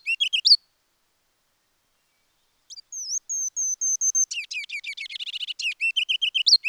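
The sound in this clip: Ruby-crowned kinglet singing. A song ending is followed by silence, then a new song: high thin notes, a fast chattering trill, then rolling rising phrases.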